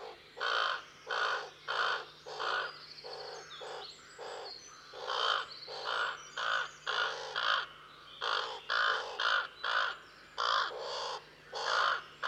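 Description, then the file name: Common raven giving a long run of many rough, throaty caws with brief pauses. "Common Raven (Corvus corax)"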